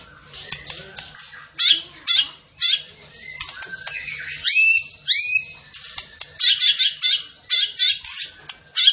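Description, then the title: Tembakan bird song of high, sharp chirps and upward-sweeping whistles in rapid bursts, mixed with scratchy twittering. Tembakan bird singing vigorously and constantly (gacor). "Masteran Burung Tembakan Gacor"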